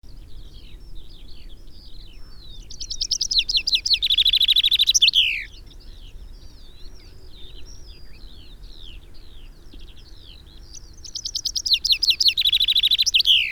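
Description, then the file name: Common chaffinch song repeated twice, each a rapid falling series of notes ending in a sharp flourish, separated by about six seconds of quieter background bird chirps. "Fringilla coelebs"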